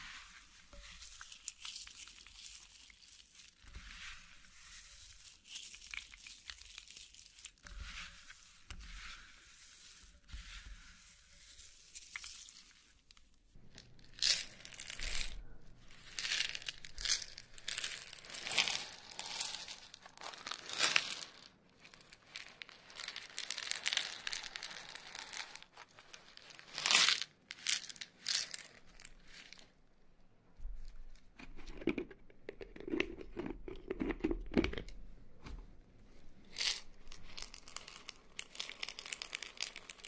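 Hair being rolled, heard as dry crinkling and rustling scrapes. The first fourteen seconds stay soft and thin with a faint steady high whine, then the rubbing turns louder and busier, with sharp crackling bursts around 21 and 27 seconds and denser scraping after 31 seconds.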